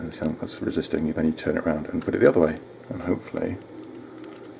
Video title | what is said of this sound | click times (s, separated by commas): Campark ACT68 Action Camera | And you've got to push it till it clicks, which I can't do because I've got no nails. | none